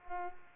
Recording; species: mosquito wingbeat signal from an infrared sensor; Culex pipiens